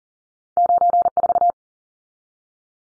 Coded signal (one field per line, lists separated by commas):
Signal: Morse code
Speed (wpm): 40 wpm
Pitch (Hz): 700 Hz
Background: none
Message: 94